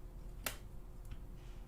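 A micro SD card is pushed into the card slot on the back of a Rodecaster podcast mixing console until it latches. A single sharp click sounds at 0.5 s over a quiet background, with fainter ticks around 1.1 s. The card is fully seated.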